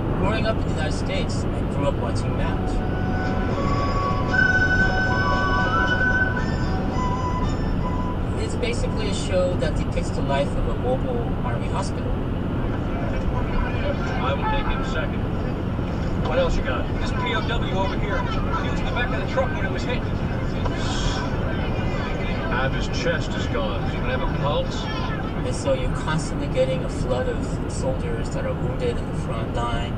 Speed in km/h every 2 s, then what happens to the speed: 122, 121, 121, 121, 118, 119, 118, 119, 119, 118, 116, 116, 113, 111, 111.
0-30 slows to 111.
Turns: none.